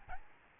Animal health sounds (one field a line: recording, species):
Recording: mosquito wingbeat signal from an infrared sensor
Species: Aedes albopictus